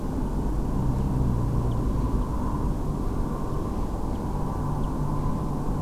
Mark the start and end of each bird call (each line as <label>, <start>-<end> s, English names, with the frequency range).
Common Chaffinch (2.9-3.3 kHz), 0.26-0.27 s
Common Chaffinch (2.7-3.3 kHz), 1.00-1.01 s
Common Chaffinch (2.7-3.8 kHz), 1.71-1.73 s
Common Chaffinch (2.9-3.9 kHz), 2.22-2.24 s
Common Chaffinch (2.9-3.3 kHz), 3.54-3.55 s
Common Chaffinch (2.8-3.5 kHz), 4.15-4.17 s
Common Chaffinch (2.6-3.9 kHz), 4.83-4.86 s